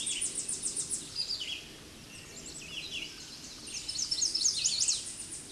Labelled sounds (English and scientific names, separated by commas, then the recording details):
Red-eyed Vireo (Vireo olivaceus) song
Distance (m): 20 m
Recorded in a Pennsylvania forest on 16 May 2024 at 09:32
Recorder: AudioMoth, point MSD-2478
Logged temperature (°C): 15.6 °C
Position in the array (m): 59 m, 198 m